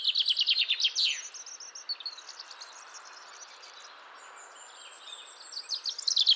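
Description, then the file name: Common chaffinch song: a bright trill of repeated notes dropping in pitch and ending in a short flourish, followed by thin high whistles and twitters, then the start of another trill. "Fringilla coelebs"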